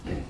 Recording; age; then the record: pig call; growing-finishing pig (85 days or more)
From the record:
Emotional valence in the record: positive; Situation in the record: enriched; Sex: female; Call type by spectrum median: low-frequency call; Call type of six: low-frequency stable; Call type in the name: low-frequency stable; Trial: 1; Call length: 0.30 s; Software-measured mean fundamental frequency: 47 Hz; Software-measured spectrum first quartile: 111 Hz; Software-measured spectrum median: 264 Hz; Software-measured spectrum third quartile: 594 Hz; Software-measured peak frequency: 75 Hz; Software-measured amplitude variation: 167 dB a second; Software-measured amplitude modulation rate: 29.7 a second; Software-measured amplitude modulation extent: 5.6 dB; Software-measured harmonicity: -2.2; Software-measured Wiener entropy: -0.39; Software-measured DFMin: 678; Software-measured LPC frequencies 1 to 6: 340, 1902, 2733, 3925, 4597, 6757 Hz